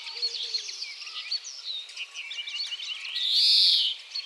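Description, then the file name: European greenfinch giving one long buzzy wheeze near the end, after continuous dense twittering and chirping. "Chloris chloris"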